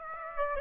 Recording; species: mosquito wingbeat signal from an infrared sensor; Aedes aegypti